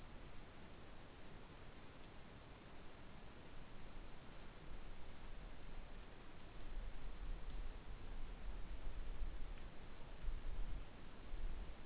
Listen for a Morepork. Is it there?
no